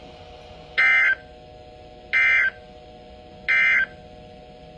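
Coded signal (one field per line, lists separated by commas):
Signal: Emergency Alert System (SAME) tones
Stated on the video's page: Severe storm and flash flood alerts from NOAA weather radio transmitters in Ohio, including a double header.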